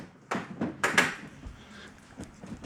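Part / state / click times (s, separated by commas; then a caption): tailgate plunger pins into ride-on toy jeep body / seated / 0.3 s, 0.8 s. A plastic tailgate is fitted to a Hyper Toys Jeep Gladiator Power Wheels ride-on toy by pushing its spring plunger pins into the body on each side. Sharp clicks at 0.3 s and 0.8 s are the pins seating, with another knock right after at 1.0 s and a faint tap near 2.2 s. The tailgate is seated.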